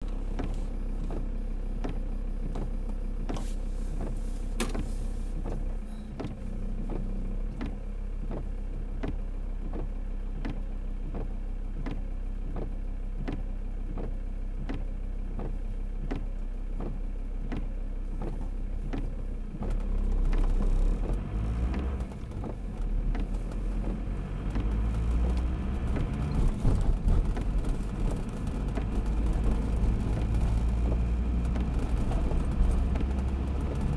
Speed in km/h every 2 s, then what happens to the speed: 0, 0, 0, 0, 0, 0, 0, 0, 0, 0, 0, 10, 19, 24, 26, 31, 36.
0-20 standing. 20-34 pulls away to 36.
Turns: none.